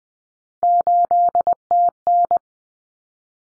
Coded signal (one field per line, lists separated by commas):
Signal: Morse code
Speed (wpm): 20 wpm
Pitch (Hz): 700 Hz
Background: none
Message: 8TN